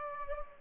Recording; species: mosquito wingbeat signal from an infrared sensor; Culex pipiens